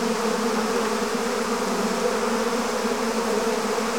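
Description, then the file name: Bees in a swarm producing a constant, even buzz of countless wings, low-pitched and steady. "Digiffects Sound Effects Library - Swarm of Bees"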